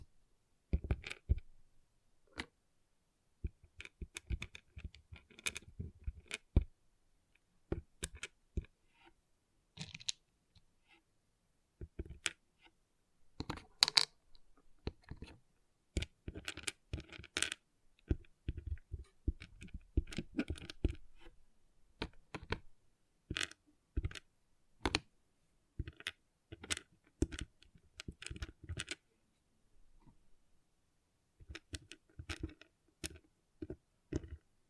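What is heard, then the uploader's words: Small plastic pixel art beads clicking and rattling, sharp bright ticks arriving in irregular bursts and scattered single clicks across the whole clip. Busier stretches around the middle alternate with brief silent gaps, notably near the thirty-second mark, with no other sound behind. ASMR Relaxing Pixel Art Beads ( No Talking).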